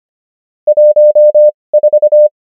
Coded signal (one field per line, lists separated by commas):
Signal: Morse code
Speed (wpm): 25 wpm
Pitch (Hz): 600 Hz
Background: none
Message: 14